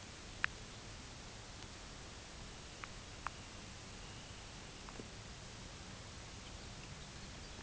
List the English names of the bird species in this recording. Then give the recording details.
Dunlin, Lapland Longspur. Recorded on Arctic tundra, site UTQI-5, on 13 June 2019. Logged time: 16:00